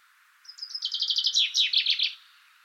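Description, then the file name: Common chaffinch song: a bright series of rapid repeated notes that drops in pitch, lasting under two seconds. "Fringilla coelebs"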